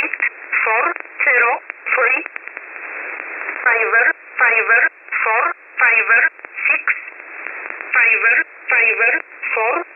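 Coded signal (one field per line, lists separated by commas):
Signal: numbers station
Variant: E11 Oblique, English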